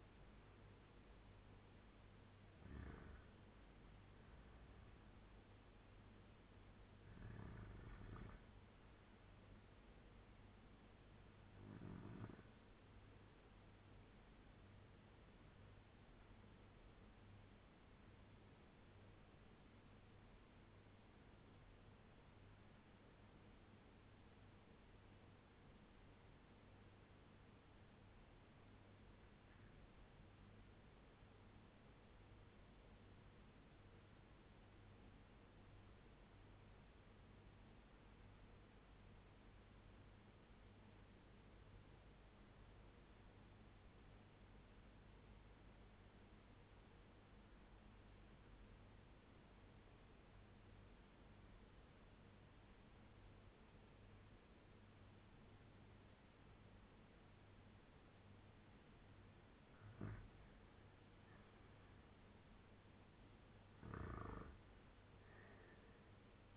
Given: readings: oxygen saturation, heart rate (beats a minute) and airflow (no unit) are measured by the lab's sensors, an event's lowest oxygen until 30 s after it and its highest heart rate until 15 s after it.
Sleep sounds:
breathing in sleep by a voice recorder at the bedside; 1
19.00-58.80 s: obstructive apnea (N1, oxygen 97% highest, then 82% lowest, heart rate 91 at the start, 93 highest)
From the record:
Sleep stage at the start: N1 (lightest sleep); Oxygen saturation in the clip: 76 to 97%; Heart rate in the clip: 86 to 99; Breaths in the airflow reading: 5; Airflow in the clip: -10.5 to 6.7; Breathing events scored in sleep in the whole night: 201 in 6.5 hours asleep

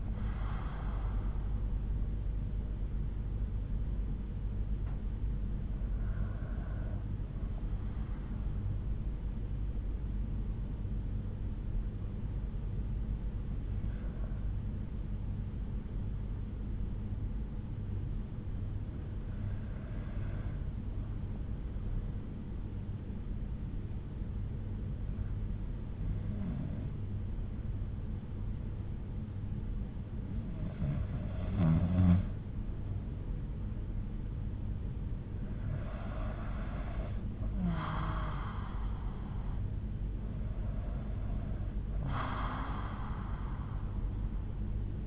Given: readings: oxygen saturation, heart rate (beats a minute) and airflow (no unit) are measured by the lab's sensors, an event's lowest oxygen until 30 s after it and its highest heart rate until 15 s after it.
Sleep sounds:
breathing in sleep by a smartphone at the bedside; 1
10.00-34.60 s: hypopnea (N1, oxygen 96% highest, then 90% lowest, heart rate 60 at the start, 71 highest)
13.00-45.07 s: new sleep stage, N2 (light sleep)
From the record:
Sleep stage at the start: N1 (lightest sleep); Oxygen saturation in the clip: 91 to 96%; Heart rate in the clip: 57 to 71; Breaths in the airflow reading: 7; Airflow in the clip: -5.9 to 5.8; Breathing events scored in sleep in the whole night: 368 in 8.0 hours asleep

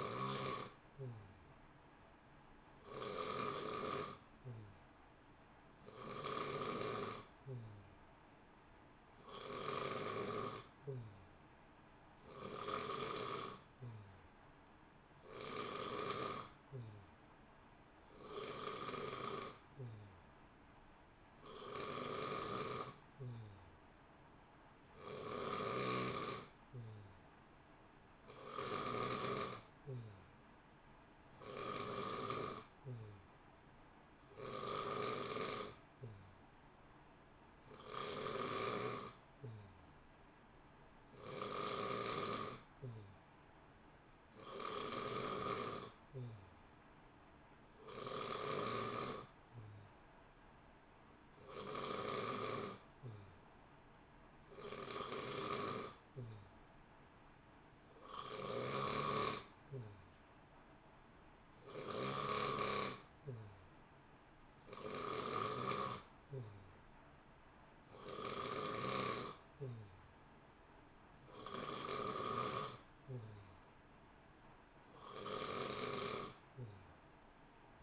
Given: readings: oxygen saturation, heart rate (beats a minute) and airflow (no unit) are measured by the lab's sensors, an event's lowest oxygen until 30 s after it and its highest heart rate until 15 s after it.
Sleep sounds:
breathing in sleep by a voice recorder at the bedside; none
25.00-77.83 s: new sleep stage, N3 (deep sleep)
From the record:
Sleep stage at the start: N2 (light sleep); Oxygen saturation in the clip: 89 to 90%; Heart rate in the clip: 60 to 64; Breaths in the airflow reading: 27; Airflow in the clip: -0.8 to 0.8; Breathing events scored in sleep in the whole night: 328 in 6.3 hours asleep

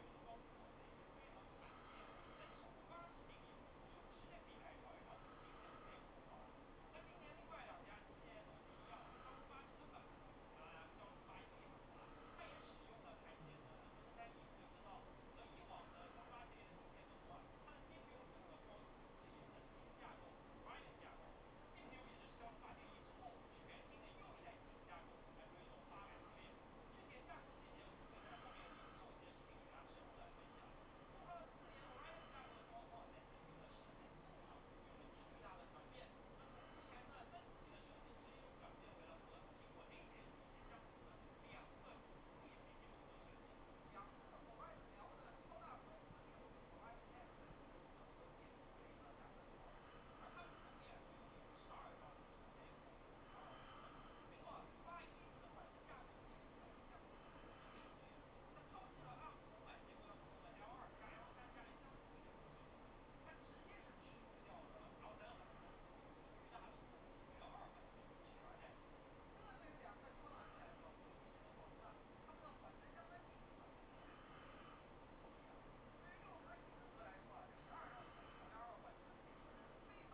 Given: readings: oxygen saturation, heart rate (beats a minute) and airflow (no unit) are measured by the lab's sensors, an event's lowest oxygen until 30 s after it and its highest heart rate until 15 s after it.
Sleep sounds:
a person awake in a sleep study, by a voice recorder at the bedside; none
0.00-80.14 s: awake
From the record:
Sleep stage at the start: awake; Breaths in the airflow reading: 33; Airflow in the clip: -0.8 to 0.7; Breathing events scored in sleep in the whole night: 403 in 5.5 hours asleep

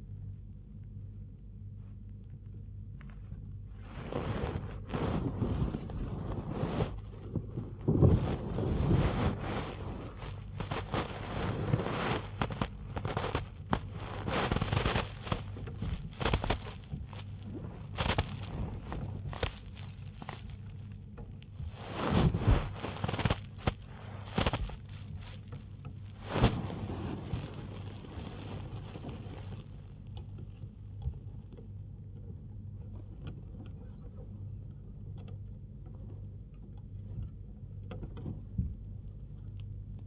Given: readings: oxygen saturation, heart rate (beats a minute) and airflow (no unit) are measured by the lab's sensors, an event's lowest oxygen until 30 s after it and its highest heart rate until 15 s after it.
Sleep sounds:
a person awake in a sleep study, by a smartphone at the bedside; none
0.00-40.07 s: awake
From the record:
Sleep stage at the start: awake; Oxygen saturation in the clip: 94 to 97%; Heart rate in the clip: 75 to 99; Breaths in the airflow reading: 15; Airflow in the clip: -5.1 to 5.4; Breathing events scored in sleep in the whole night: 158 in 7.3 hours asleep

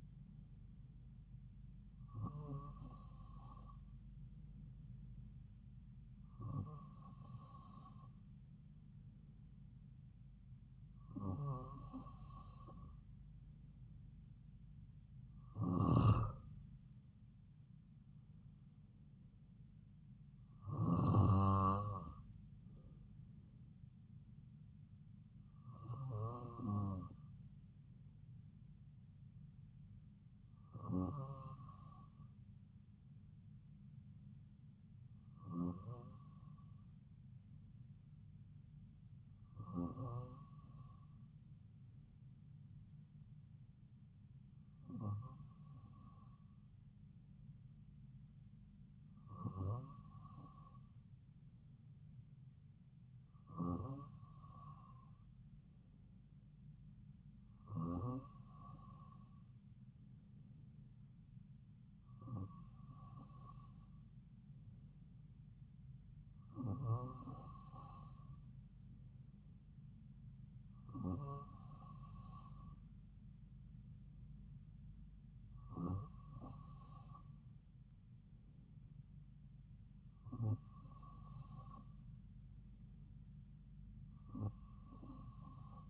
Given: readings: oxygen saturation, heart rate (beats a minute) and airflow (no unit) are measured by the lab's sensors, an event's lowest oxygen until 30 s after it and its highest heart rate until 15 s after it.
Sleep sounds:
breathing in sleep by a smartphone at the bedside; none
none scored
From the record:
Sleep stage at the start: N2 (light sleep); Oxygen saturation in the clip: 94 to 96%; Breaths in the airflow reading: 18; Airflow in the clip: -3.5 to 5.3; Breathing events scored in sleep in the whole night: 270 in 6.1 hours asleep

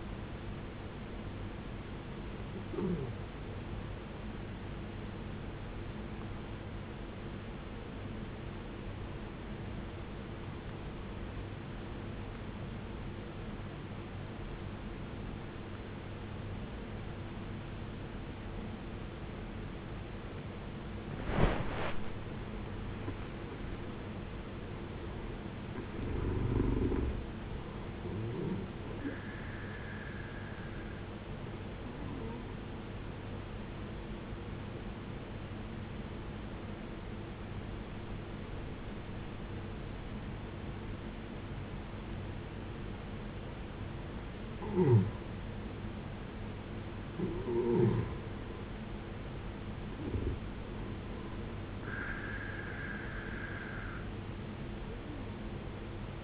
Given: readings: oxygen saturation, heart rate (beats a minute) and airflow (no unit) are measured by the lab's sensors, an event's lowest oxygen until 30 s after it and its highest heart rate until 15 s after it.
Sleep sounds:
breathing in sleep by a voice recorder at the bedside; 2
3.00-56.24 s: new sleep stage, N1 (lightest sleep)
9.00-22.10 s: obstructive apnea (N1, oxygen 94% highest, then 83% lowest, heart rate 65 at the start, 74 highest)
33.00-47.80 s: hypopnea (N1, oxygen 93% highest, then 86% lowest, heart rate 64 at the start, 68 highest)
From the record:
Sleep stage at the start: N2 (light sleep); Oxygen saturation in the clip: 79 to 94%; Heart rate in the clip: 58 to 74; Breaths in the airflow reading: 8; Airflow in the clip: -12.9 to 15.1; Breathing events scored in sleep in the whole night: 389 in 6.3 hours asleep

